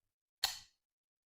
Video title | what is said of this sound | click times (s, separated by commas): How to use an EpiPen 💉 | that's the clicking noise and then count one to three 1 1000 2 1000 | 0.4 s